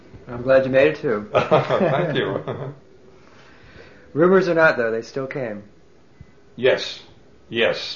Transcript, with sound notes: I'm glad you made it, too.
Thank you. ( they laugh )
Rumors or not though, they still came.
Yes, yes.